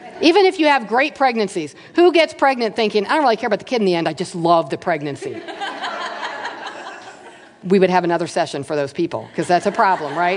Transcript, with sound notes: Even if you had great pregnancies, who gets pregnant thinking, I don’t really care about the kid in the end. I just love the pregnancy. (laughter) We would have another session for those people, because that’s a problem.